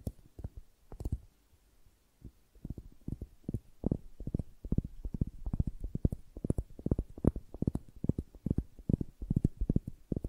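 Tingly flower sounds made of soft, low, dull taps and thumps. A few scattered hits in the first two seconds, then a brief pause before the tapping returns as a steady, fairly quick rhythm through to the end, with faint crisp crackles sitting above it.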